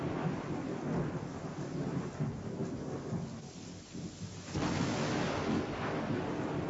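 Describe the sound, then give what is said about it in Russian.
A thunderstorm: steady, dense rain hisses throughout while deep thunder rolls and rumbles underneath, swelling louder toward the end. No voices. “Страшная буря с дождем, громом и молниями обрушилась на землю, все сокрушая на своем пути.”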